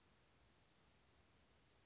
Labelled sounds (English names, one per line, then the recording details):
Brown Creeper
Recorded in Sonoma County, California